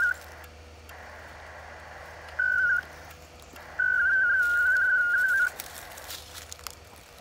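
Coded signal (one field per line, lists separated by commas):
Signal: HF data modem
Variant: ARDOP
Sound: three short warbling single-tone bursts around 1.5 kHz, quickly hopping pitch, over static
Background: radio static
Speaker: let's try one more time and see if we can actually get a connection to go through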